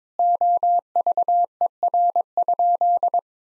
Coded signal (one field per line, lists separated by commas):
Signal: Morse code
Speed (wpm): 22 wpm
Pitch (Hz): 700 Hz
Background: none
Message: OVER?